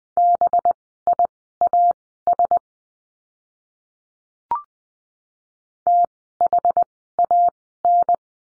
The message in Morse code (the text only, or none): BIAS THAN